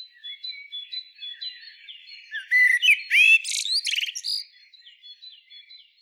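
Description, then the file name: Common blackbird song: soft thin whistles at first, then a loud burst of fluty and squeaky twittering notes, easing back to faint high whistles. "Turdus merula"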